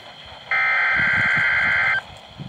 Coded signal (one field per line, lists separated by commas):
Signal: Emergency Alert System (SAME) tones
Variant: header bursts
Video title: WXL52 Weekly Test (11/24/21)(EAS 995)